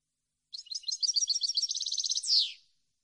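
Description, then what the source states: European goldfinch, one brisk song phrase: chattering notes accelerating into a fine rapid trill, finished by a loud falling buzzy note. Clean goldfinch song, for birds to copy in song training.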